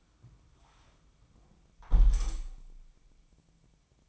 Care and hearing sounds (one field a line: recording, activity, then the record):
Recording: daily activity, microphone in the room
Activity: close window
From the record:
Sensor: 1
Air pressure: 1000.4 hPa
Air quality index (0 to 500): 167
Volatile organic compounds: 4 ppm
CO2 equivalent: 1538 ppm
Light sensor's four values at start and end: 11/27/11/13 and 11/26/10/12